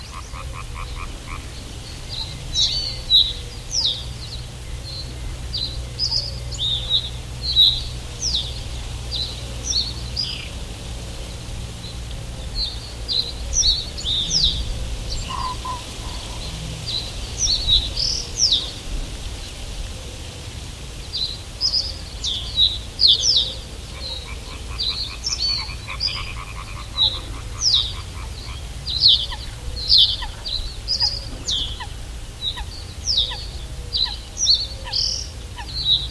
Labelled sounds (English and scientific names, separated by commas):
Reed Bunting (Emberiza schoeniclus)